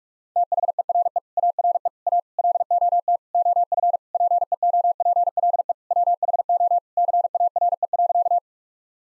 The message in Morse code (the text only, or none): THERE ARE A LOT OF PEOPLE WHO CARE.